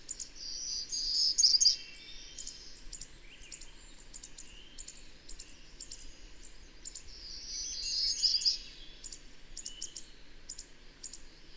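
Birdsong, two loud sparkling trilled phrases separated by irregular runs of quick high chirps and clicks.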